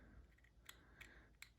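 A titanium suppressor baffle, set in the down position, is lowered onto the baffle stack, with faint metallic ticks at 0.7 s and 1.0 s. At 1.4 s a sharp, bright click is heard as the baffle seats into place on the stack.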